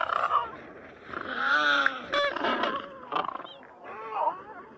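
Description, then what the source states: Penguins braying, drawn-out harmonic calls that rise and fall, with short squawks between them. Large penguin colony recorded indoors as ambience.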